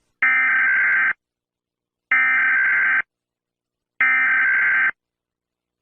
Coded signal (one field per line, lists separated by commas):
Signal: Emergency Alert System (SAME) tones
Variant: header bursts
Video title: EAS alarm tornado